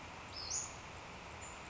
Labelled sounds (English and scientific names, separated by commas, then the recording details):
Western Flycatcher (Empidonax difficilis)
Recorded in Sonoma County, California